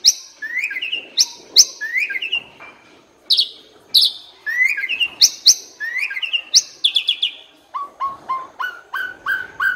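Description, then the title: Asian pied starling song: repeated falling high whistles paired with lower rising notes, then a run of short evenly spaced chirps near the end. Bird-training recording for songbirds that sing too little or are sluggish. "Masteran Jalak Suren AMPUH Dan EFEKTIF Atasi Burung KURANG GACOR Dan LOYO"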